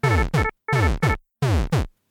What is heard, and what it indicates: Incorporate these kinds of environmental sounds into medical alarms so they give information about what they're alerting for. Because environmental sounds can act as a metaphor for the event that's happening. There's only one obvious one for cardiac, which is a heartbeat. This is cardiovascular.